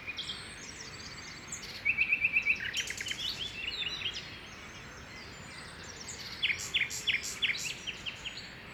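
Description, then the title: Common nightingale song with a fast rattling trill, then buzzy repeated notes and scattered chirps over a constant hiss. Early morning song near the Loire, Saint-Jean-le-Blanc, France; recorded with a Zoom H2n and stereo EM272 microphones. "Saint-Jean-le-Blanc, France - Rossignol philomèle matinal au parc de Loire"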